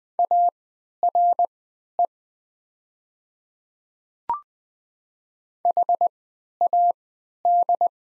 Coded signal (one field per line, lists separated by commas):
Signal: Morse code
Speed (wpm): 20 wpm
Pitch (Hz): 700 Hz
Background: none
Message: ARE HAD